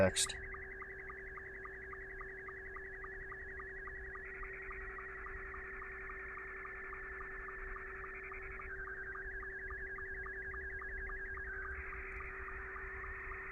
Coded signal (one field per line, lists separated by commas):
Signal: SSTV (slow-scan television)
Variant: Scottie 2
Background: speech